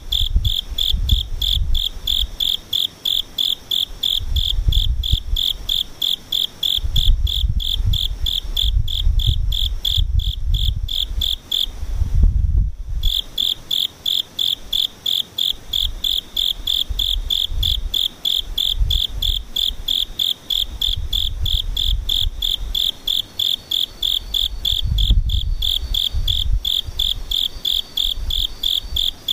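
Insects chirp in a fast, steady pulse, a bright shrill trill repeating evenly almost throughout, with a brief gap near twelve seconds. Low rumbling gusts swell and fade underneath, strongest around seven to ten seconds and again near twenty-five.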